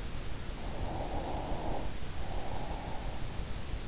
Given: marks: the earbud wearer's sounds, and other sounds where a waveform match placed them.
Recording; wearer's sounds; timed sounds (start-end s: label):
sounds in sleep by an in-ear microphone; breath
0.47-3.62 s: breath